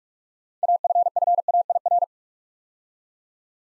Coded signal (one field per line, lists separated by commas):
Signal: Morse code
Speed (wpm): 44 wpm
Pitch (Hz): 700 Hz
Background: none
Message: AFFAIR